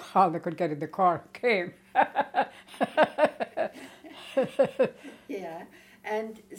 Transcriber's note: laughs